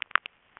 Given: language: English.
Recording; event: throat vibration sensor signal played as sound; swallow